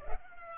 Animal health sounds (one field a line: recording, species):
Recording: mosquito wingbeat signal from an infrared sensor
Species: Culex pipiens